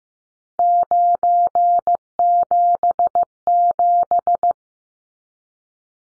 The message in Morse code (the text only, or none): 977